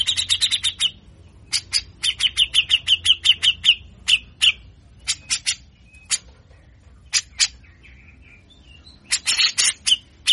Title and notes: MASTERAN CUCAK JENGGOT GACOR FULL BESETAN KASAR DURASI PANJANG !!!. Langsung Respon Cucak Jenggot Model Apapun Dengar Besetanya. Burung cucak jenggot